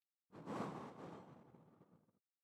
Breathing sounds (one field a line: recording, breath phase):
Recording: one breath near a microphone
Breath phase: exhalation